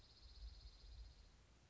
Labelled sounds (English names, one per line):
Dark-eyed Junco